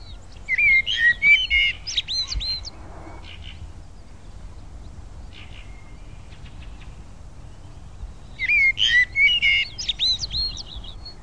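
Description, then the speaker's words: Common Blackbird singing: two fluting, warbled phrases about eight seconds apart, each ending in higher twittering notes, with faint chirps between and a quiet background. Recorded the previous year at a croft a bit above Nykroppa in Värmland, Sweden; played back during the interview. "Och vad var det här för fågelätet vi hörde? Det var en koltrast."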